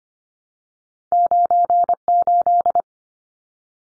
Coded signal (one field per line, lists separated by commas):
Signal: Morse code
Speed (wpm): 25 wpm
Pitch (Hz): 700 Hz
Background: none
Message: 98